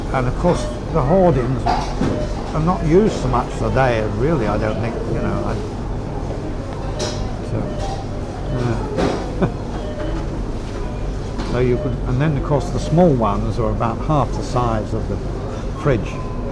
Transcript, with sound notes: And of course, the hoardings are not used so much today, really, I don't think, you know, I. But eh. [laughs] Where you could, and then of course, the small ones are about half the size of the fridge.